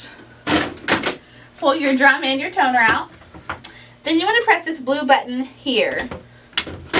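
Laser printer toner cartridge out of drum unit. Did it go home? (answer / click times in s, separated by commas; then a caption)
released / 6.6 s. Someone talks while pulling the drum unit and old toner cartridge out of a Brother MFC-L5850DW laser printer, with brief handling clicks around 3.5 s. The blue lock button on the drum unit is then pressed, giving a sharp click at 6.6 s as the toner cartridge releases from the drum.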